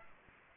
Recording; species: mosquito wingbeat signal from an infrared sensor; Aedes aegypti